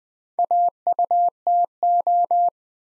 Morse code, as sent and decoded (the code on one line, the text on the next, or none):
.- ..- - ---
AUTO